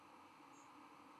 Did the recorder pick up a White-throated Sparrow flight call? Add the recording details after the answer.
no. Another species' flight call is heard. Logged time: 01:01 on 12 November 2014